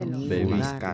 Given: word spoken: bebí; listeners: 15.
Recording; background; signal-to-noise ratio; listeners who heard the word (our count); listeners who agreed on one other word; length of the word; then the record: one Spanish word in noise, from a listening test; four-talker babble; -0.8 dB; 0 of 15; 9 of 15; 0.54 s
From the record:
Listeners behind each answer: 9, 2, 2, 1, 1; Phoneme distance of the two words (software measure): 21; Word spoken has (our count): 2 syllables, 4 phonemes, stress on syllable 2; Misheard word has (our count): 3 syllables, 7 phonemes, stress on syllable 2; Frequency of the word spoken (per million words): 1.28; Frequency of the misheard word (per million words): 0.09